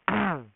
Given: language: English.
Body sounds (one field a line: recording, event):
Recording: throat vibration sensor signal played as sound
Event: throat clearing